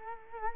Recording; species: mosquito wingbeat signal from an infrared sensor; Culex quinquefasciatus